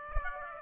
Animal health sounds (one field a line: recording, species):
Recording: mosquito wingbeat signal from an infrared sensor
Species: Aedes aegypti